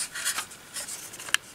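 Someone handles a plastic CEYOMUR CY65 Bluetooth wildlife trail camera with soft rubbing and scraping, then presses its release button. A sharp click at 1.3 s marks the battery holder popping out of the camera body, followed by a faint tick near the end.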